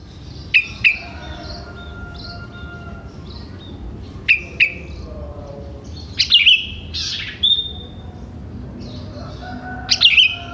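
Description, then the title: Sooty-headed bulbul song: short bubbly chirping phrases recurring every few seconds, with softer whistles, one longer slurred note and faint thin tones in the background. "Kutilang"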